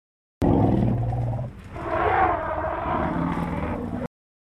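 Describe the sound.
African elephant trumpeting: a deep rumbling opening, a brief dip, then a loud, brassy, blaring blast held for about two seconds.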